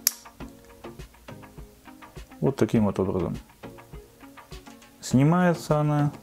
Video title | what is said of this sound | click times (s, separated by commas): ЧЕСТНОЕ СРАВНЕНИЕ петель для фасадов от BLUM (300 рублей) и китайских no-name (50 рублей). | фиксируем до щелчка вот | 0.1 s